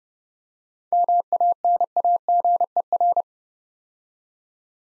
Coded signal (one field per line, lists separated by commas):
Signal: Morse code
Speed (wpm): 30 wpm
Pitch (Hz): 700 Hz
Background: none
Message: MANAGER